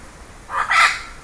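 Bird giving two quick harsh, rasping notes back to back, the second louder and broader than the first.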